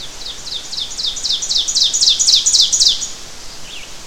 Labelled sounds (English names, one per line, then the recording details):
Ovenbird song
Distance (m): 10 m
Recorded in boreal forest in Alberta, Canada, on 12 June 2016 at 06:03
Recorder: SongMeter 3, array SBT-3-18
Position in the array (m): 229 m, 90 m
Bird 31